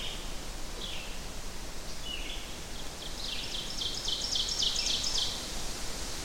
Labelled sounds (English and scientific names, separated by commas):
Ovenbird (Seiurus aurocapilla) song